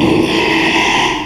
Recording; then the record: squeal of a Yucatan mini pig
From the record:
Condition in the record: after surgery on the right vocal fold (resection and tissue-engineered implant); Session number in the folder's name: 1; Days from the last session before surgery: 6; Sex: male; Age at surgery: 12 weeks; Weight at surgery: 13 kg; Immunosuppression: cyclosporine, prednisolone